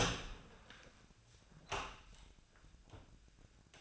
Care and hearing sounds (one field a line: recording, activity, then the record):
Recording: daily activity, microphone in the room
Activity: open door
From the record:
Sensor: 2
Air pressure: 1009.1 hPa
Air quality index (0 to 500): 175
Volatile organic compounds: 2 ppm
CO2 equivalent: 1275 ppm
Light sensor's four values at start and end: 34/89/38/41 and 34/89/38/41